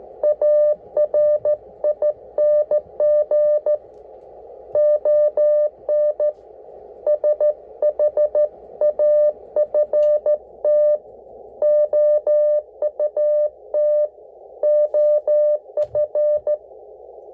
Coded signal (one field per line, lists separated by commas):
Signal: Morse code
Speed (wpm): 14 wpm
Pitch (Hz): 600 Hz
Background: none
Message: ARING ON SHAFT OUT OF